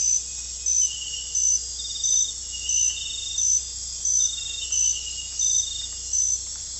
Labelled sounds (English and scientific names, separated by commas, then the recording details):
none
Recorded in dense forest near Puerto Asís, Putumayo, Colombia, on 22 December 2024 at 00:30
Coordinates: 0.486, -76.317
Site G003